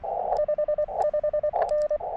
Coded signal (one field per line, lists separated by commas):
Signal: Morse code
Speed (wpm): 24 wpm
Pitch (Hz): 590 Hz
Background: radio noise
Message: 55N